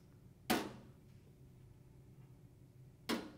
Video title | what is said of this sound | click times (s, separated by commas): My Luxury Desk Chair & Cabinets (A TOUR) | I just looked behind it and sure enough there is there's these really small magnets on the back so that each part like clicks into place | 0.5 s, 3.1 s